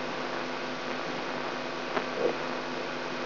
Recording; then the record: brain microelectrode recording played as sound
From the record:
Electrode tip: inside the subthalamic nucleus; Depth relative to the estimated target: 0 mm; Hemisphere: right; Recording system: AlphaMap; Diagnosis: Parkinson's disease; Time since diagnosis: 16 years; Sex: female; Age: 67 years